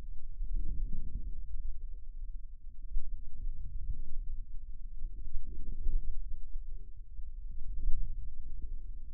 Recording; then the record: forearm muscle sounds (acoustic myography)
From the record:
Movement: inward rotation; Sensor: system 2, bracelet of six BSWA MPA416 microphones around the upper forearm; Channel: 1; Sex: male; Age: 22 years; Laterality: right